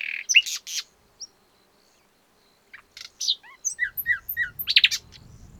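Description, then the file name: Common nightingale singing: a harsh opening note, a pause, then a run of repeated whistles and a burst of chattering notes. "Luscinia megarhynchos"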